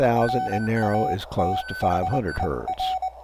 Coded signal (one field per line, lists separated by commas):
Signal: Morse code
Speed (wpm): 22 wpm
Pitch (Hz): 750 Hz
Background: speech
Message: RATHER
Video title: STM32F411 (Black Pill) 4-Band SDR CW Xcvr